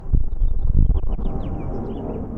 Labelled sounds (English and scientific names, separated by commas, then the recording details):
House Finch (Haemorhous mexicanus) song
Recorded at Neponsit on Long Island, New York, on 4 June 1975
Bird D